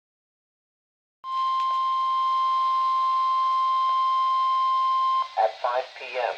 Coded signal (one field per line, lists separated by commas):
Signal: Emergency Alert System (SAME) tones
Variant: 1050 Hz attention tone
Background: speech